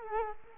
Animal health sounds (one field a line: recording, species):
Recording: mosquito wingbeat signal from an infrared sensor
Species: Culex quinquefasciatus